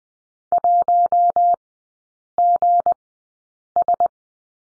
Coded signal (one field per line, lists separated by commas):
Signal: Morse code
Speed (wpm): 20 wpm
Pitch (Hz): 700 Hz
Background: none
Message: 1GS